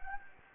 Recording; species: mosquito wingbeat signal from an infrared sensor; Anopheles gambiae